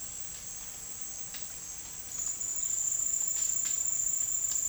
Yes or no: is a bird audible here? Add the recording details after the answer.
no. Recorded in dense forest near Puerto Asís, Putumayo, Colombia, on 12 March 2025 at 10:30. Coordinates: 0.484, -76.317. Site G064